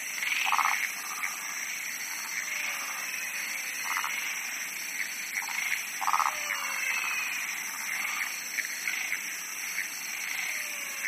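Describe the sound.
Frogs croaking in a chorus, short pulsed rattles recurring with softer higher trills, set against a continuous high buzzing background.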